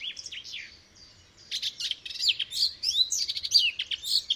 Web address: chant didier collin fauvette a tete noire